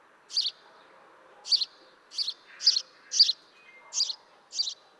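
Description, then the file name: House sparrow chirping: seven short, harsh, buzzy chirps at uneven intervals over about five seconds, above a faint steady background hum. "Passer domesticus"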